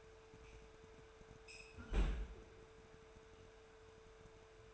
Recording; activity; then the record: daily activity, microphone in the room; close fridge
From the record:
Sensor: 2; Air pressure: 1014.8 hPa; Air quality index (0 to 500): 196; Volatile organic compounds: 17 ppm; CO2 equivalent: 2590 ppm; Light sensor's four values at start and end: 26/64/27/30 and 26/64/27/30